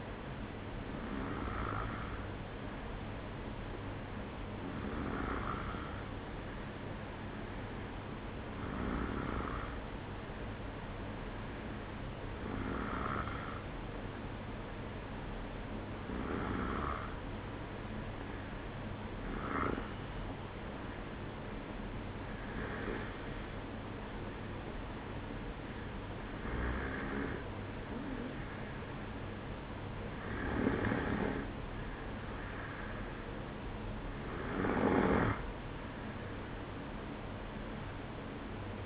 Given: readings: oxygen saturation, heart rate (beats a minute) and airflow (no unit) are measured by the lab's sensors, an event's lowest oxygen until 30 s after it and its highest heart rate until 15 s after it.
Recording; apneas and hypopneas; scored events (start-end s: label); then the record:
breathing in sleep by a voice recorder at the bedside; 1
3.00-33.30 s: hypopnea (N1, oxygen 94% highest, then 93% lowest, heart rate 55 at the start, 57 highest)
4.00-34.00 s: new sleep stage, N2 (light sleep)
34.00-38.86 s: new sleep stage, N1 (lightest sleep)
From the record:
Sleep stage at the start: N1 (lightest sleep); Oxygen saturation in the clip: 93 to 94%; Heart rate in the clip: 55 to 57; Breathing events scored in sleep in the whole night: 305 in 9.6 hours asleep